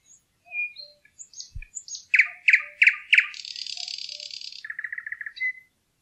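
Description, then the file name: Thrush nightingale song: a few soft whistles and chips, then four loud clacking notes, a high buzzy rattle, and a rapid lower trill. "nattergal"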